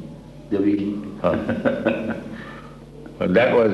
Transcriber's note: laughs